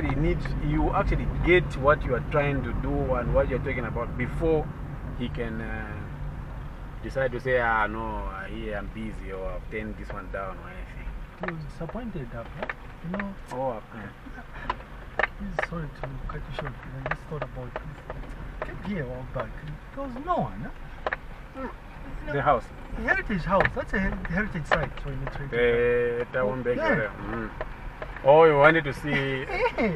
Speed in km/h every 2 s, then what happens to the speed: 21, 23, 21, 14, 9, 7, 5, 4, 7, 7, 5, 7, 7, 6, 5.
3-13 slows to 4. 13-30 steady at about 6.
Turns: none.